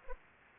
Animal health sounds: mosquito wingbeat signal from an infrared sensor; Anopheles arabiensis

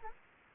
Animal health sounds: mosquito wingbeat signal from an infrared sensor; Anopheles arabiensis

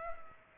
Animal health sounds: mosquito wingbeat signal from an infrared sensor; Culex pipiens

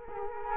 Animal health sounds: mosquito wingbeat signal from an infrared sensor; Culex quinquefasciatus

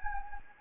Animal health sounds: mosquito wingbeat signal from an infrared sensor; Anopheles gambiae

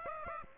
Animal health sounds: mosquito wingbeat signal from an infrared sensor; Aedes aegypti

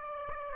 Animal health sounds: mosquito wingbeat signal from an infrared sensor; Aedes aegypti

